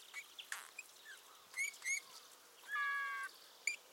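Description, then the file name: Eurasian bullfinch uttering a steady piped note lasting about half a second, with brief high chips and short whistles from other birds around it. "Pyrrhula pyrrhula"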